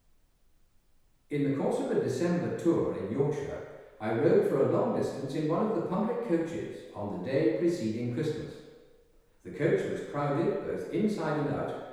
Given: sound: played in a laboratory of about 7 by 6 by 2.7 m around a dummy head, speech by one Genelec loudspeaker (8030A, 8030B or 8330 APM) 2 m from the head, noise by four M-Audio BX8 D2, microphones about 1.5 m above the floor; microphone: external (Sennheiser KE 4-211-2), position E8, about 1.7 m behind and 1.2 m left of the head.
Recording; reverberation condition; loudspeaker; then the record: male speech in English; high; 60 degrees to the left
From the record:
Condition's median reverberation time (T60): about 1300 ms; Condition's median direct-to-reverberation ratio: about -4.0 dB